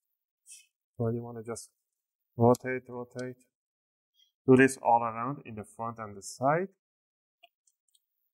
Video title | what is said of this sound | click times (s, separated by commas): How to Replace Keyboard on Dell G3 15 - P89F001 Laptop - Step-by-Step ⌨️ | I'm just taking about one millimeter I'm just working it around until you see the separation and you might hear a few clicks that's okay | 7.4 s, 7.7 s, 7.9 s